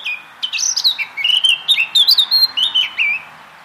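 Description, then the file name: Eurasian blackcap giving a continuous, loud fluting warble of clear whistled notes, rising and falling in quick, varied phrases. "Sylvia atricapilla"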